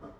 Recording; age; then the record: pig call; growing-finishing pig (85 days or more)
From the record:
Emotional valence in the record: positive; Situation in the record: run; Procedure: transit